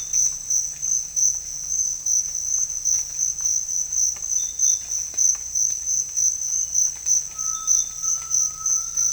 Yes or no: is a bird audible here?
yes